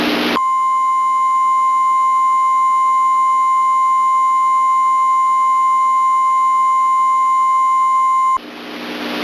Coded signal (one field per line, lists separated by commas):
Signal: Emergency Alert System (SAME) tones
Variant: 1050 Hz attention tone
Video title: TOR in NY??!??? - EAS Recreation